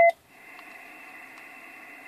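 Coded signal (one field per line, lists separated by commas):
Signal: roger beep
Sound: one short two-tone beep, then quiet radio hiss with faint steady tones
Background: radio static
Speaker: as soon as i d key the top one the highest one in the video will come on as well and uh we should get a beep from the audio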